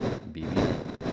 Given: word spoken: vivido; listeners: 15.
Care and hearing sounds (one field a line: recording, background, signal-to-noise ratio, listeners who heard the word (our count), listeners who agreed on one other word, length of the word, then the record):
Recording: one Spanish word in noise, from a listening test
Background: noise modulated by one talker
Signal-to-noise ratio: -8.5 dB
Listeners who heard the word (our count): 0 of 15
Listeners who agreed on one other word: 11 of 15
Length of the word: 0.72 s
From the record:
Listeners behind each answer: 11, 2, 1, 1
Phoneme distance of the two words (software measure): 17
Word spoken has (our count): 3 syllables, 6 phonemes, stress on syllable 2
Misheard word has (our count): 2 syllables, 5 phonemes, stress on syllable 2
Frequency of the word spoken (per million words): 32.54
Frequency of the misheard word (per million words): 123.34